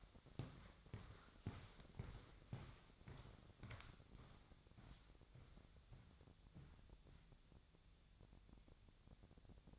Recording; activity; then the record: daily activity, microphone in the room; walk to room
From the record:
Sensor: 3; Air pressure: 999.4 hPa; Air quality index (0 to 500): 195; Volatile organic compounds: 43 ppm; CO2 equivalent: 3191 ppm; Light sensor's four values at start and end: 8/20/8/8 and 8/20/8/8